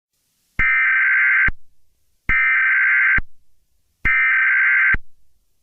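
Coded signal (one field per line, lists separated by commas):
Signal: Emergency Alert System (SAME) tones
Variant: header bursts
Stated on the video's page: Fictional Halloween mock EAS scenario tones.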